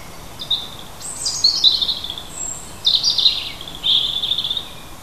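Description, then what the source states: Bird song: several bright, high twittering phrases delivered in bursts over a soft hiss. Native birds of a hedgerow, recorded in June.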